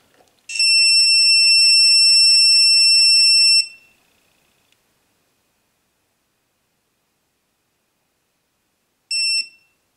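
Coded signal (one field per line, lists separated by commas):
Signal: beep code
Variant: EggTimer Apogee controller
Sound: one shrill long beep of about three seconds, silence, then a short beep starting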